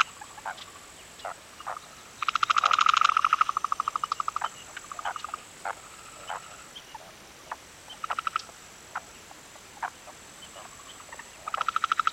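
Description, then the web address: Frog calls in a busy chorus: a loud rapid rattling burst lasting about a second, scattered sharp clicks and short trills, with faint insects humming high above. Afternoon in a national park in Pakistan; many frogs, some close up, with insects. "BBC. pakistan many frogs some close up also birds insects and wind in trees"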